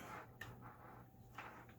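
An L-shaped SATA data cable is lined up and pushed toward the SATA port of a drive during a budget build in a be Quiet! Pure Base 500 case. Low handling noise is broken by two brief, sharp taps at about 0.4 and 1.4 seconds. Nothing has seated or clicked into place yet.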